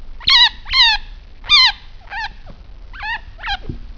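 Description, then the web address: Chinchilla squeaks: several sharp, bending, high-pitched cries in irregular bursts, some louder, others softer and shorter, in a quiet background. "peppi chinchilla"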